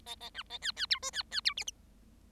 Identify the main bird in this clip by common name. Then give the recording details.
Bengalese Finch. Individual Bird7